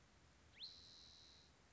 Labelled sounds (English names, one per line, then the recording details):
Spotted Towhee
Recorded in Sonoma County, California